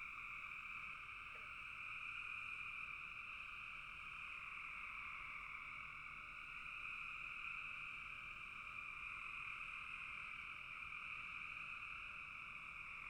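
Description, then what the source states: Frogs calling as a thick, steady chorus, a two-toned trilling drone held throughout, with one brief faint click early on. Frogs in a bog.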